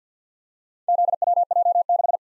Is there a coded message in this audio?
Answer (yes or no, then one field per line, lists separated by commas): yes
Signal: Morse code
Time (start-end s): 0.9-2.2 s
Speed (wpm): 53 wpm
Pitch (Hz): 700 Hz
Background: none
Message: ZWJ6